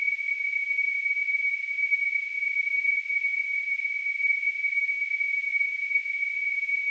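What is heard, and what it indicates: A steady, unbroken high-pitched tone near 2 kHz sits over a hiss of high-frequency noise, with no low sounds at all. It is a simulation of tinnitus, the ringing or hissing heard in the ears without an outside source.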